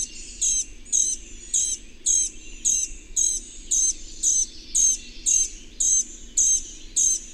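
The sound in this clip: Bird repeating a bright, high chirp at an even pace, close to two per second, with soft background hiss.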